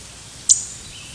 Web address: warblers cawa